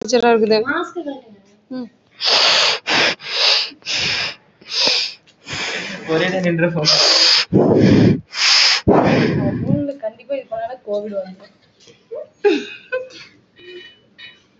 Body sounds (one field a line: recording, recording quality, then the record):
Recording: deep breathing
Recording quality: moderate, slight background noise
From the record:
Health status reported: healthy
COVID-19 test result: negative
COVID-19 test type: RT-PCR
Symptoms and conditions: cold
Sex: female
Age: 21 years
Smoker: no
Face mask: worn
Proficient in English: yes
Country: India